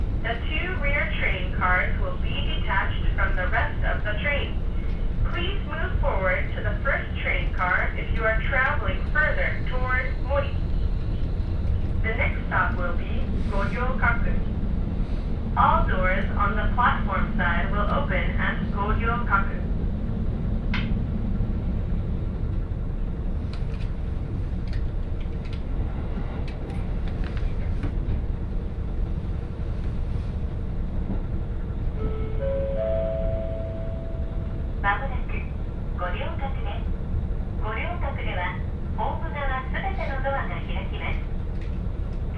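A train ride on the Hakodate Main Line, with a steady low rumble of the carriage running underneath throughout. A voice, likely an onboard announcement, speaks in bursts for the first twenty seconds and again near the end, with a brief tonal chime around 33 seconds.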